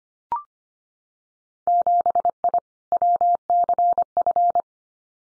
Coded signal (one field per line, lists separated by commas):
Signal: Morse code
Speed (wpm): 25 wpm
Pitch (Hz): 700 Hz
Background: none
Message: 7I WCF